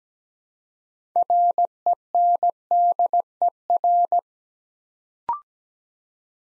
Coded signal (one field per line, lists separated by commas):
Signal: Morse code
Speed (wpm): 17 wpm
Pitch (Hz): 700 Hz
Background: none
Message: RENDER